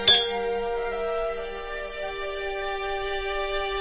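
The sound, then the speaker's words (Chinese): A single bright clink of glasses touching in a toast to a happy business partnership, followed by a long, clear ringing tone that slowly fades over several seconds. No voices are heard. “Lee， 我们一直对你非常信任，为了我们的合作愉快，干杯！ 干杯，干杯！”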